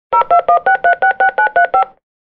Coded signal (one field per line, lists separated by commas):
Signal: DTMF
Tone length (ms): 170 ms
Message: 021636935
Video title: Phone Dialing Copyright Free Sound Effect FX